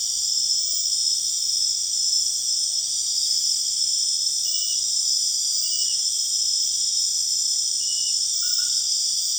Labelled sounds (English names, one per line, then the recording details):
none
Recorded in secondary vegetation near Puerto Asís, Putumayo, Colombia, on 29 June 2025 at 21:00
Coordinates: 0.485, -76.322
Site GP06